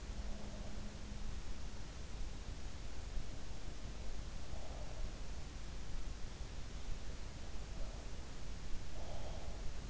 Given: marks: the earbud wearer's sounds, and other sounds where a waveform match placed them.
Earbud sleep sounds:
sounds in sleep by an in-ear microphone; breath
0.00-1.15 s: breath
0.00-2.18 s: sound from someone else or the room
3.93-5.21 s: breath
8.02-9.81 s: breath

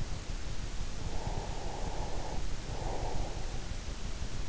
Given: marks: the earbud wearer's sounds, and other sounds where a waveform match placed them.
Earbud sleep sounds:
sounds in sleep by an in-ear microphone; breath
1.07-4.06 s: breath

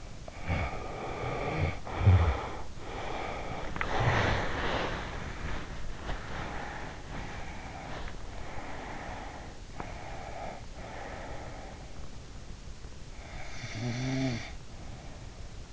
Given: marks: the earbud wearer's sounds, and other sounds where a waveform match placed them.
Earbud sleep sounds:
sounds in sleep by an in-ear microphone; snoring breath, body movement, breath
0.00-2.75 s: snoring breath
2.90-5.84 s: snoring breath
3.74-10.99 s: body movement
6.04-8.32 s: breath
8.41-10.68 s: breath
10.84-15.73 s: snoring breath

